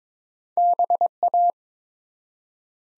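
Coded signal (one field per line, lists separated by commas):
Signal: Morse code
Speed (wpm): 23 wpm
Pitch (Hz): 700 Hz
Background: none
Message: BA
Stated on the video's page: Morse Code Ninja practice at 22 WPM, sending four-letter words one letter at a time.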